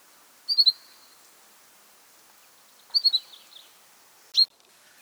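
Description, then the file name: Common chaffinch calls: two quick bursts of three high sharp notes about two and a half seconds apart, then a single clipped note, over quiet background. "Fringilla coelebs"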